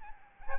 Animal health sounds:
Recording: mosquito wingbeat signal from an infrared sensor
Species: Aedes albopictus

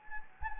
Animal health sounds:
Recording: mosquito wingbeat signal from an infrared sensor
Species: Anopheles gambiae

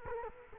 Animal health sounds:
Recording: mosquito wingbeat signal from an infrared sensor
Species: Culex quinquefasciatus

